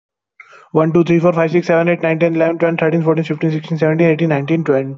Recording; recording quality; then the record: counting at a fast pace; excellent, no background noise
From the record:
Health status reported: healthy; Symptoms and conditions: none ticked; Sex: male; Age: 24 years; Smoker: not ticked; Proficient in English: yes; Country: India